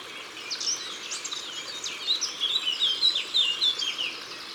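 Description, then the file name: Eurasian blackcap song, a quick run of high, scratchy warbled notes. Ardèche, France. "Fauvette-A-Tete-Noire-Concerts-Naturels-De-l Ardeche"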